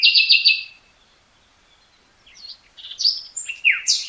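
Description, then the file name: Common nightingale song: a loud pulsing rattle of fast repeated notes, over a second of near silence, then a phrase of varied rising and falling notes and sweeps. "Luscinia megarhynchos"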